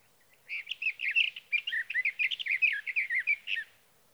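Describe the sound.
Sage thrasher singing a continuous, jumbled warble of quick varied phrases, high and musical, running about three seconds without a break.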